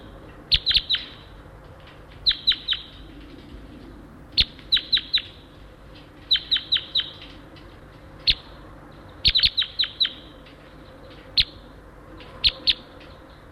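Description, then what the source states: Crossbill flight calls, sharp high chips in quick clusters, with a few single notes between. New female, which has been giving loud flight calls; recorder aimed at her.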